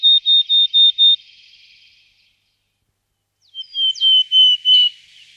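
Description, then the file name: Willow tit giving a row of five clear, even piping notes on one pitch, then a pause and a second similar series that opens with a brief upward slide. "sýkora-lužní"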